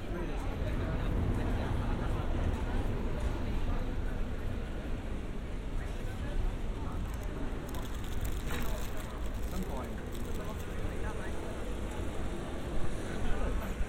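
Outdoors on a bench near a bookstore, a steady low rumble of passing traffic fills the scene, with indistinct voices murmuring throughout. Brief brighter clatters rise near the middle and again toward the end, while the overall level stays fairly even.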